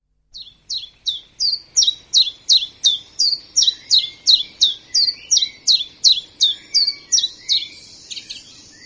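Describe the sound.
Common chiffchaff delivering an even series of about twenty high, falling notes, roughly three per second.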